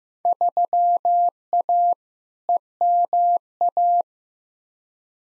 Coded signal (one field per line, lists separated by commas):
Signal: Morse code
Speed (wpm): 15 wpm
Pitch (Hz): 700 Hz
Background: none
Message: 3A EMA